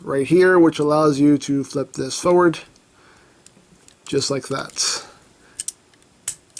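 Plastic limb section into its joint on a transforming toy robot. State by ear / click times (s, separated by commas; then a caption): seated / 6.3 s. Someone talks while a plastic limb section on a ToQGer DX Build Dai-Oh transforming toy robot is released by pulling a switch down, flipped forward and brought down into its joint, with a few small plastic clicks as it is handled. It clicks into place at 6.3 s, and the joint is seated.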